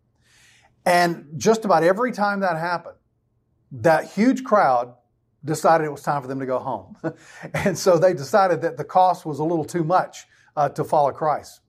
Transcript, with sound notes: And just about every time that happened, that huge crowd decided it was time for them to go home.
(laughs) And so, they decided that the cost was a little too much, uh, to follow Christ.